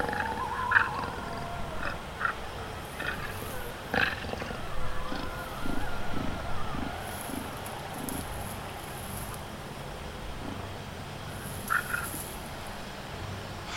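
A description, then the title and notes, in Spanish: Night animals call in short, bright chirps near one and twelve seconds over a steady low rumble, with high hissy insect-like bursts drifting through. Animales Nocturnos.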